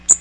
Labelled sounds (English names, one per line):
Magnolia Warbler flight call